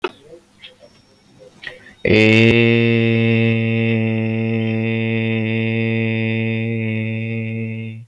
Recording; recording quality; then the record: sustained vowel as in made; moderate, slight background noise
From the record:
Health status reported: healthy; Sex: male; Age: 29 years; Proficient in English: yes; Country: India